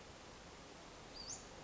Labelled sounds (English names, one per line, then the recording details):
Western Flycatcher
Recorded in Sonoma County, California